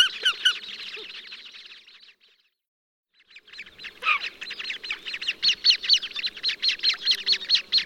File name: Horned Grebe